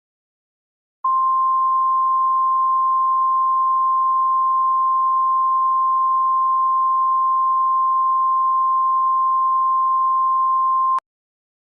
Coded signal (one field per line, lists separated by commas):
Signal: Emergency Alert System (SAME) tones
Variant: 1050 Hz attention tone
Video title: EAS Severe Thunderstorm Warning (Pike, OH and Ross, OH Counties)